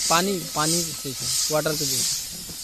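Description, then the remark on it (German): A sprayer hisses steadily in pulsing bursts, roughly every half second, as workers without protective masks or clothing spray pesticide chemicals mixed with water in Fulbari, while a person talks over it. “Was versprüht ihr? Man sagte uns, das ist Medizin.”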